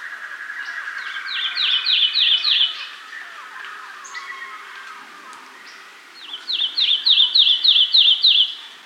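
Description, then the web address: Lemon-chested greenlet calls: two fast runs of sharp, slightly downslurred high notes, separated by a pause, with softer chattering underneath. South America. "Natures Songs S America Lemon-chested Greenlet"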